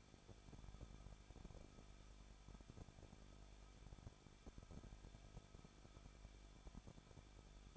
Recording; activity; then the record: daily activity, microphone in the room; no activity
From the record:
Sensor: 5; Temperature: 20.7 degrees Celsius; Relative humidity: 38.6%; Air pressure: 1006.5 hPa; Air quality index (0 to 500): 192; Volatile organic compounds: 21 ppm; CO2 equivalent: 2717 ppm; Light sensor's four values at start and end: 2/3/1/1 and 2/3/1/1